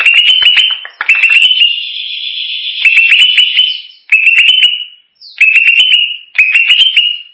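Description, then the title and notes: Greater green leafbird song: clear whistled phrases with ticking chips, one long sustained whistle in between, phrases repeated with brief breaks. Champion singing bird. "Kicau Burung Cucak Ijo Juara. Suara kicauan burung cucak ijo"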